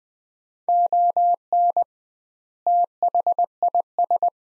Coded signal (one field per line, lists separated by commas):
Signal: Morse code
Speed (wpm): 20 wpm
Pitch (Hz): 700 Hz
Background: none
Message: ON THIS